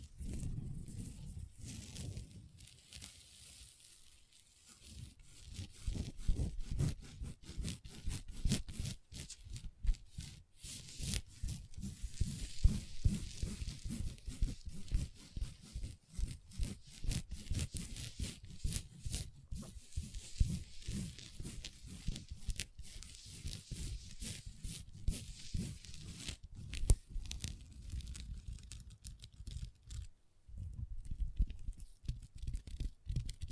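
Long nails tap and scratch across a table in a dense, busy stream of short strokes, each with a dull low thump and a bright scratchy edge. The activity starts sparse, thickens after about five seconds, and briefly drops out near thirty seconds.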